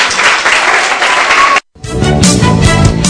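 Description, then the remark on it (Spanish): A crowd gives a big round of applause meant to be heard by people deliberating elsewhere, with loud, dense clapping for about a second and a half, then a sudden brief silence cuts in before a different, more tonal sound takes over. “Así que si me dejáis, vamos a darle un aplauso bien grande, que nos escuchen allí que están deliberando.”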